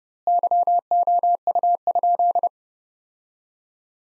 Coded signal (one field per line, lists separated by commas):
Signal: Morse code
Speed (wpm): 30 wpm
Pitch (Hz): 700 Hz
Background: none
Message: YOU?